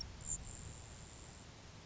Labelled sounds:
Grasshopper Sparrow (Ammodramus savannarum)
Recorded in Sonoma County, California

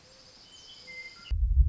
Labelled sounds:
Western Meadowlark (Sturnella neglecta)
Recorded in Sonoma County, California

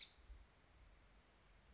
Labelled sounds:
Nuttall's Woodpecker (Dryobates nuttallii)
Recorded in Sonoma County, California

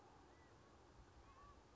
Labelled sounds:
California Quail (Callipepla californica)
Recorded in Sonoma County, California

